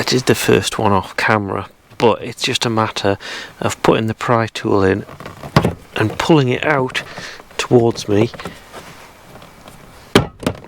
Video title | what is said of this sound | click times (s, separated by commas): 2013 Mercedes-Benz A-class doorcard removal - finding a missing cable! | and you can hear the pop clips coming forward. | 10.2 s